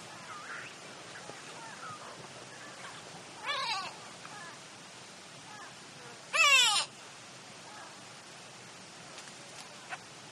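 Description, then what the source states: Grey go-away-bird calls: a fainter nasal cry, then a louder, harsh, drawn-out one a few seconds later, with faint bird notes in the background. Africa.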